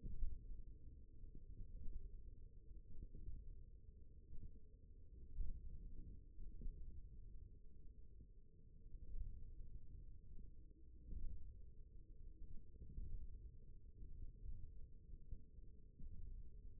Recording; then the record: forearm muscle sounds (acoustic myography)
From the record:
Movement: finger pinch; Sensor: system 1, eight BSWA MPA416 microphones around the upper forearm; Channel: 4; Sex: male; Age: 28 years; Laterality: right